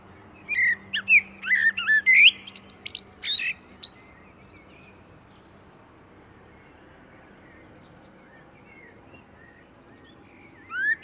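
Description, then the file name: Common blackbird song: several fluty warbled notes and high chirping twitters over about four seconds, then a long quiet pause before another brief note starts. "Turdus merula"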